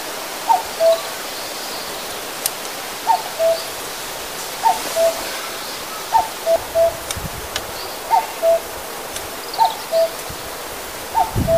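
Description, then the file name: Common cuckoo giving a series of two-note calls, high then low, repeated several times over a hissing background. "kakko"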